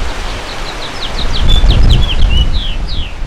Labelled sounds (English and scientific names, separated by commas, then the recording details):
House Finch (Haemorhous mexicanus) song
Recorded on Long Island, New York, on 7 June 2011
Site MV
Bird D